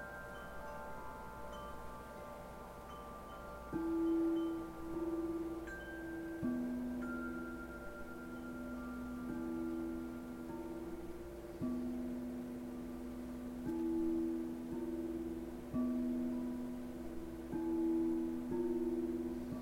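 Crystal bowls ring in long, steady tones, a pair of low pitches alternating and overlapping from about four seconds onward, with a new strike every second or two. Higher ringing tones hang above them and slowly fade, over a soft constant hum.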